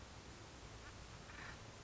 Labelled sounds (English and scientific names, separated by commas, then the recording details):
Acorn Woodpecker (Melanerpes formicivorus)
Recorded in Sonoma County, California